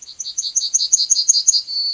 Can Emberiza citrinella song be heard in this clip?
yes